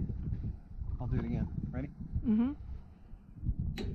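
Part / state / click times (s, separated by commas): torque wrench on solar rack mounting bolt / torque reached / 3.8 s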